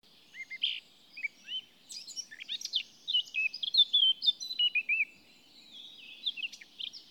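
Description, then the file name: Eurasian blackcap chattering warble of quick varied notes and looping whistles, building into a dense, lively stretch before fading. "Sylvia atricapilla"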